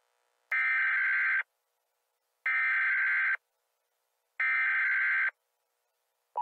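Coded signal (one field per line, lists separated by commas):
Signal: Emergency Alert System (SAME) tones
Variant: header bursts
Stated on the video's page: Fictional EAS scenario, a simulated alert.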